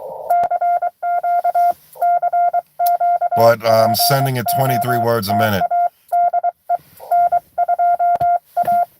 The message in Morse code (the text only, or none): CQ CQ POTA DE N2A